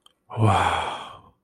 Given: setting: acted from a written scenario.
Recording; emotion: vocal sound without words; awe